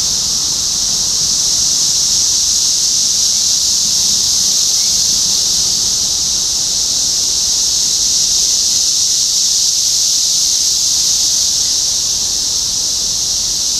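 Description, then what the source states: Cicada chorus holding one unbroken high-pitched buzzing wash throughout, with nothing else standing out. Cicadas in Topeka, Kansas, USA, on 14 June 2015.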